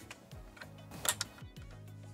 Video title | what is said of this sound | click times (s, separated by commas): CIGARETTE LIGHTER NOT WORKING - HOW TO REPLACE CIGARETTE LIGHTER SOCKET Cadillac Escalade 07 - 2014 | cigarette lighter fixture it only goes in one way just make sure you snap it in you'll hear it click | 1.1 s, 1.2 s